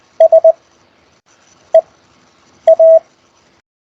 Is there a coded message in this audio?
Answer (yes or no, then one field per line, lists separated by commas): yes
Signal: Morse code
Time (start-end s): 0.2-3.0 s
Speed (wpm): 20 wpm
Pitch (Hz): 650 Hz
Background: none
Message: SEA